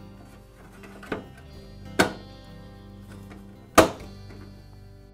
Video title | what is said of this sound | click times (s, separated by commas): Broan Bath & Ventilation Fan Repair - How to Replace the Light Lens | Your replacement lens will just simply snap into place. | 2.0 s, 3.8 s